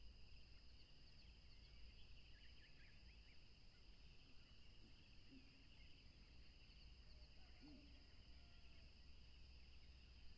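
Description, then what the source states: Crickets producing a continuous high, even trill, with a few faint low notes midway and a strong, steady low rushing background. Tropical river setting.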